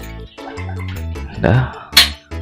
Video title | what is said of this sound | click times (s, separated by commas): SELI Online WAJIB Waspada!!! (Exotic 2026MT Double Break) | sudah bunyi klik gitu, baru kita kunci. | 2.0 s